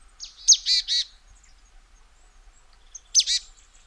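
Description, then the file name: Marsh tit calling with a high note leading into a pair of buzzy, nasal notes, then another short buzzy phrase a couple of seconds later. "Poecile palustris"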